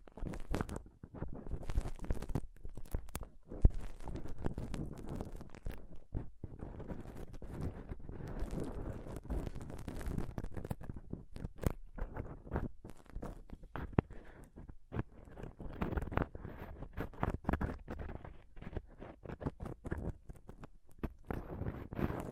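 Dense, continuous scratching and rubbing on a microphone, crackly and low-heavy, with frequent sharp clicks and taps scattered throughout.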